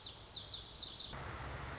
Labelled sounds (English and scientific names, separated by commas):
Lazuli Bunting (Passerina amoena)